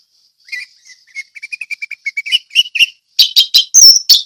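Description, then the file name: Orange-headed thrush song starting with soft quick repeated notes that speed up and build into loud, sharp whistled notes. Ngeplong song style. "anis merah ngeplong"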